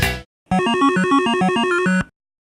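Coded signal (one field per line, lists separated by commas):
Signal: none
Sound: cartoon music sound effects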